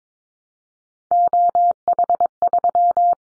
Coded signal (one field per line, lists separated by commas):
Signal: Morse code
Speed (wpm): 22 wpm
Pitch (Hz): 700 Hz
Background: none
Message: OH3